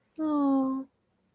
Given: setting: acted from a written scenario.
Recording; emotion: vocal sound without words; sympathy